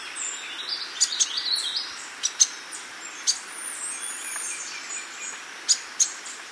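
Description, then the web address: Metallic-green tanager producing a scattered series of high, thin, sibilant chips and short twittering notes, with faint insect hum beneath. Recorded in Ecuador. "S America Birds of Ecuador. Metallic-green Tanager"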